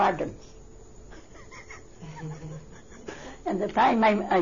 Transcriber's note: she laughs